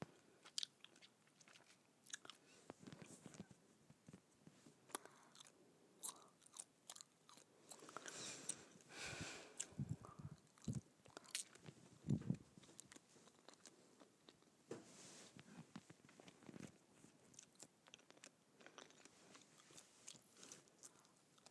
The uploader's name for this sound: ASMR Gum Chewing